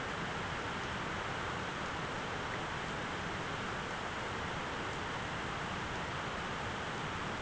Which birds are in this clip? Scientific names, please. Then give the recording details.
none. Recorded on Arctic tundra, site ZACK-1, on 13 June 2019. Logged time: 03:49